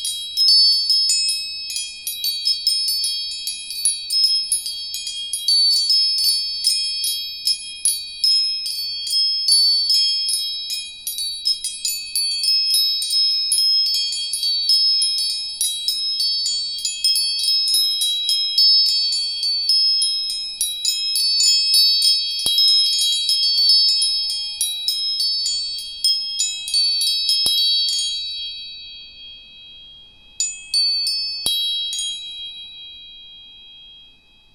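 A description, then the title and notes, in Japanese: High, bright tuning forks ring out in a dense, overlapping shimmer of pure tones, struck again and again so the chiming barely lets up for nearly half a minute. Near the end it falls quiet, then a short final cluster of strikes rings and fades. 音叉チューニング 第3チャクラ。黄色 528hz 第3チャクラ。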